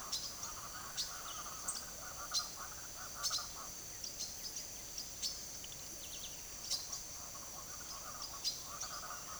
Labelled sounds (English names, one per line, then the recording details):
Speckled Chachalaca
Silver-beaked Tanager
White-winged Becard
House Wren
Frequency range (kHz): Silver-beaked Tanager 1.8-12.2 kHz; White-winged Becard 1.7-4.0 kHz; House Wren 1.9-5.8 kHz
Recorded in secondary vegetation near Puerto Asís, Putumayo, Colombia, on 19 June 2025 at 09:00
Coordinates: 0.489, -76.322
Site G021